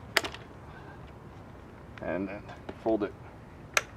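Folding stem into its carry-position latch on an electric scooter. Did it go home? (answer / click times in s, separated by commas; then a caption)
yes / 3.8 s. After the cam lever is lifted out, the stem of a Nanrobot D4+ electric scooter (newest version) is folded down while someone talks, with a sharp click near 0.2 s. A single sharp metal click at 3.8 s marks the stem catching in its carrying-position latch, leaving it locked.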